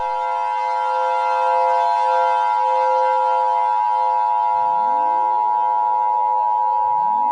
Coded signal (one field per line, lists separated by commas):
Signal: Emergency Alert System (SAME) tones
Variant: 853 and 960 Hz attention tone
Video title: [EAS/Analog Horror] DO NOT MOVE - An EAS Mini-Scenario